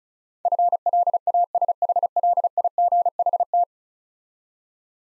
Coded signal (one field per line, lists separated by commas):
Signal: Morse code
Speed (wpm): 36 wpm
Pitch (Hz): 700 Hz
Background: none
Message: FLASHLIGHT